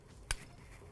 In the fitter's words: You hear the snap? The clutch has been released.